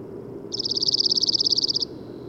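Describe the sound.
Bird trill: a rapid, evenly pulsed run of high notes lasting a little over a second, with a low steady rumble underneath throughout.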